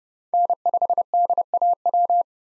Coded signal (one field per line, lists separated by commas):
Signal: Morse code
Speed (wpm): 30 wpm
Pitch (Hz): 700 Hz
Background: none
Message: N5DAW